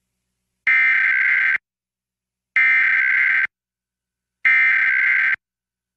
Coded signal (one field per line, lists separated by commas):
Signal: Emergency Alert System (SAME) tones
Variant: header bursts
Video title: EAS National Periodic Test during The Cat In The Hat Knows A Lot About That! (2018 WTTW-DT1)